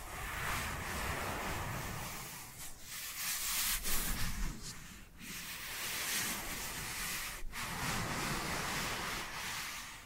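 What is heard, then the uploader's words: Dry hands rub and brush together, giving a steady, dense rasping hiss that swells and eases in slow waves. Brief gaps break the friction around the third, fifth and seventh seconds, with a soft low rumble underneath throughout. ASMR Dry Dry Hand Sounds. (No Talking).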